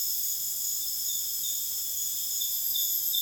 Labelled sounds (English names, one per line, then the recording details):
none
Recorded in dense forest near Puerto Asís, Putumayo, Colombia, on 23 June 2025 at 23:30
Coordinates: 0.484, -76.325
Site H65